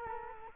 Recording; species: mosquito wingbeat signal from an infrared sensor; Culex quinquefasciatus